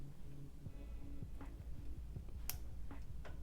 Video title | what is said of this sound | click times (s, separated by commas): 🔧 How to Replace Suction Fans on Dual Head DTF Printers | and there's the click so now it's secure with this one | 2.5 s